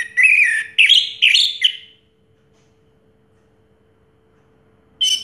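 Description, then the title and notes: Orange-headed thrush song: a run of rich whistled phrases in quick succession, then silence and a brief restart at the end. Song in the teler style, described as clear-voiced; from a complete collection of this species' sounds. "Anis Merah Teler Suara Jernih. kumpulan suara anis merah lengkap"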